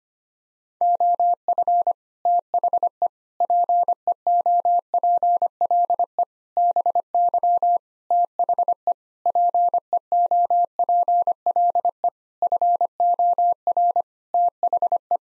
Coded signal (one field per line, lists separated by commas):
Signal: Morse code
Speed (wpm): 25 wpm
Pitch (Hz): 700 Hz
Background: none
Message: OF THE PEOPLE BY THE PEOPLE FOR THE